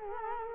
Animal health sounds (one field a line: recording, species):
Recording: mosquito wingbeat signal from an infrared sensor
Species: Culex quinquefasciatus